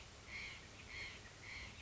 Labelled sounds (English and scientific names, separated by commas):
White-breasted Nuthatch (Sitta carolinensis)